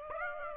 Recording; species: mosquito wingbeat signal from an infrared sensor; Aedes aegypti